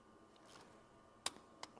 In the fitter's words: right there I hope you can hear the torque wrench click